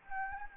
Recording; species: mosquito wingbeat signal from an infrared sensor; Anopheles gambiae